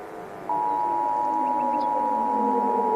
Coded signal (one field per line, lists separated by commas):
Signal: Emergency Alert System (SAME) tones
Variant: 853 and 960 Hz attention tone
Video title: Horrorlings Part 2: The Second Coming (EAS Scenario)